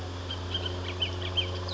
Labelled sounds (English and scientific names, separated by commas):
Bullock's Oriole (Icterus bullockii)